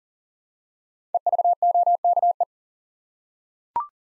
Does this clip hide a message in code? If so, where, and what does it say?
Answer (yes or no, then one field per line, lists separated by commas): yes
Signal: Morse code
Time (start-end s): 1.1-2.4 s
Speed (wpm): 40 wpm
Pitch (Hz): 700 Hz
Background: none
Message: EVOKE